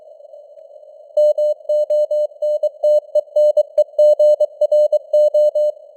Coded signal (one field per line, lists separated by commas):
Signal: Morse code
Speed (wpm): 23 wpm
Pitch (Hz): 600 Hz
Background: none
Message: MONTENEGRO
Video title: Morse Code News | 2025-10-28 | 23wpm